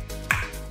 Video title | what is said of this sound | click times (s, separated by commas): How to repair the SCUBA MASK -FULL EXPLANATION in Tamil - Scuba Infant Traders-Thoothukudi - | lock ஆகும் lock ஆகுற sound எல்லாம் உங்களுக்கு கேட்கும் இது | 0.3 s